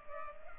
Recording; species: mosquito wingbeat signal from an infrared sensor; Culex pipiens